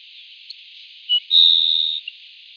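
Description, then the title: Grassland sparrow song: two brief high notes, then a long thin buzzy trill held on one pitch for over half a second, ending with a tiny final note. "LuckyPassaro Completos2Sama. Grassland Sparrow (Ammodramus humeralis)"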